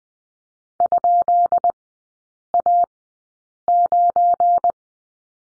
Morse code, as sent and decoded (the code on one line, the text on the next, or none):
..--.. .- ----.
?A9